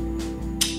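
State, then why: Seated. A water pump base plate is slid onto an outboard motor during a water pump replacement and pushed down over its locating pin. A steady low hum runs under the clip until a sharp hit at 0.6 s, when the plate locks in place over the pin, pinning the base plate down.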